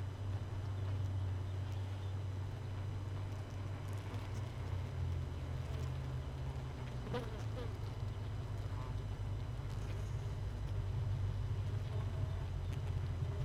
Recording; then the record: honeybee colony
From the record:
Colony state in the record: missing queen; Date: 31 May 2018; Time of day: 6:44